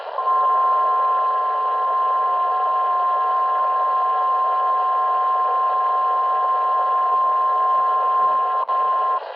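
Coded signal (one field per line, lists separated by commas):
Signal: Emergency Alert System (SAME) tones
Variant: 1050 Hz attention tone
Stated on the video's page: Required weekly test from NOAA weather radio station, issued by the National Weather Service.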